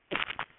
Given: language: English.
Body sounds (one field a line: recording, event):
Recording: throat vibration sensor signal played as sound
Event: swallow